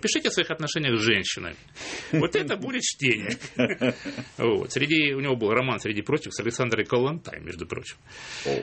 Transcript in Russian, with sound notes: Напишите о своих отношениях с женщинами. Вот это будет чтение». (смех) Вот. У него был роман среди прочих с Александрой Коллонтай, между прочим.
О…